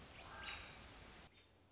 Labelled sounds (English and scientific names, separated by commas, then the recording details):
American Robin (Turdus migratorius)
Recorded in Sonoma County, California